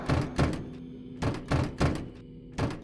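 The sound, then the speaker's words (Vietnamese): A door is banged and rattled by a woman locked inside, throwing herself at it, kicking, clawing and yanking it: about seven heavy, hollow thuds come in uneven bursts, pairs and triplets separated by short pauses, over a low steady hum, with no voices. “Tiếng cánh cửa trung lên từng hồi cùng với tiếng kêu gào của Thảo”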